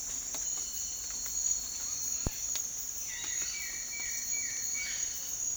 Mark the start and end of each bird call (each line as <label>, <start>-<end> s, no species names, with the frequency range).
bird call (1.2-4.1 kHz), 3.01-5.07 s